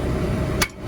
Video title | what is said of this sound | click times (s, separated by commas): Day 358 #Ollyblogs #LockDownLearning #farming #fendt #tractor #sprayer #bateman | There you go, that's locked in. | 0.6 s